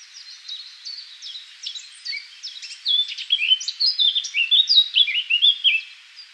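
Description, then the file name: Eurasian blackcap song: a rapid, varied warble of fluty slurred notes that starts softly and grows louder and richer over the phrase. "Sylvia atricapilla"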